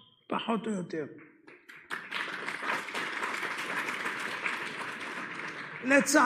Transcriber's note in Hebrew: מחיאות כפים